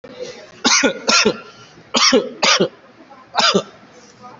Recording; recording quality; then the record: heavy voluntary cough; excellent, no background noise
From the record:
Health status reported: COVID-19 positive, mild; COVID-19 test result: positive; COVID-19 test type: RT-PCR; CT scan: taken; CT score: 5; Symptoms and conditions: cough, cold, sore throat, diabetes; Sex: male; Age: 43 years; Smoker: no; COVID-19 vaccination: one dose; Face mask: not worn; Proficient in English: yes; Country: India